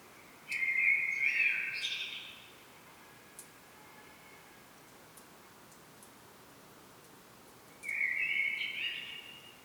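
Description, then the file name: Common blackbird song: a warbled fluty phrase with a brief high squeaky ending, then a long quiet gap before a second rich phrase begins. "Turdus merula"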